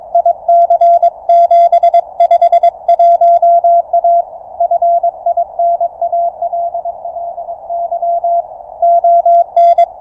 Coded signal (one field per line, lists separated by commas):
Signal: Morse code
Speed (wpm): 23 wpm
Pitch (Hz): 690 Hz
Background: none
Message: IC751A FINALLY ON